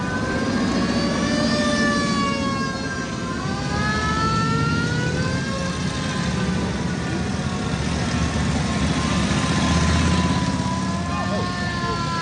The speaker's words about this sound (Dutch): Er komen hier allemaal militaire voertuigen door de straat.